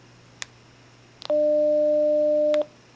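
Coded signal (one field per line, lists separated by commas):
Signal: beep code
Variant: Motorola DMR radio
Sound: key-up clicks, then one long low steady buzzy tone, then a release click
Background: quiet room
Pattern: 1 long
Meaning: Error: the radio is out of range of the repeater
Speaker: there so you got that error beep there it's out of the range of the repeater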